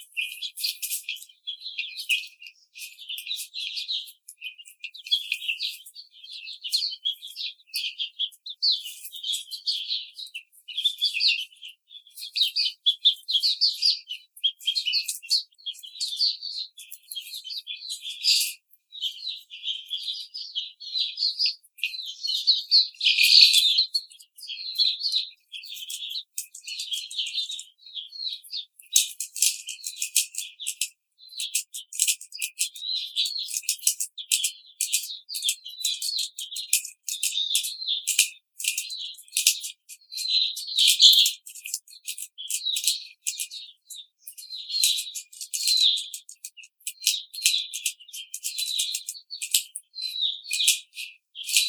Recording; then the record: young laying hens in a cage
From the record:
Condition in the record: treatment cage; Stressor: simulated dog barking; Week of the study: 5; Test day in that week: 1